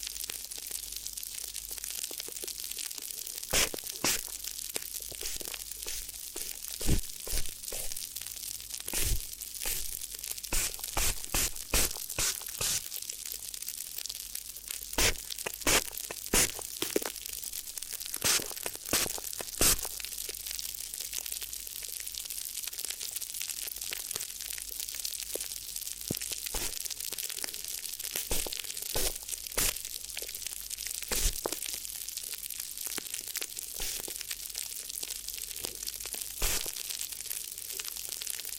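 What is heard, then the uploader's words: Crinkly rustling for an ear massage: a steady bed of bright, hissy crinkling runs throughout, broken by many sharp crackling pops. The pops cluster densely between about 3 and 20 seconds, then come more sparsely, with a few louder crunches near 29 and 31 seconds. ASMR Addictive Crinkly Ear Massage (No Talking).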